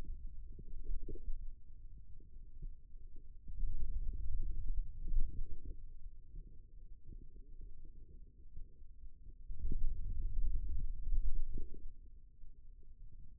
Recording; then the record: forearm muscle sounds (acoustic myography)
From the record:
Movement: pen grasping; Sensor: system 2, bracelet of six BSWA MPA416 microphones around the upper forearm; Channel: 4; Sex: male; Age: 22 years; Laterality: right